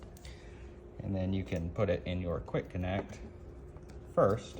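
A barb-style fitting, pulled out of the intake bellow of a 2008 Corvette Z06, is being handled to push into the plastic quick-connect of a Radium Engineering dual catch can hose off the car, before the fitting goes back into the bellow. Someone talks over faint handling ticks near the start and around 3.8–3.9 s. Nothing has snapped or seated yet.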